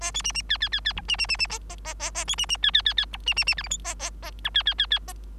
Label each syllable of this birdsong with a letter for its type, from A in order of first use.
A B C C D D D D E C C C C A A A A A B C C D D D D E C C C F G H A A A I D D D D A